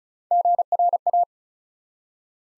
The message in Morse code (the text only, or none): GRA